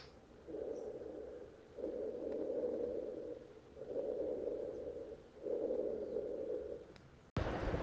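Four low-pitched, rumbling, snore-like sounds heard through a stethoscope, each lasting over a second with short pauses between, over about two breath cycles. These are rhonchi, caused by transient obstruction from mucus plugs, as in consolidation, or poorly cleared airway secretions, as in chronic bronchitis.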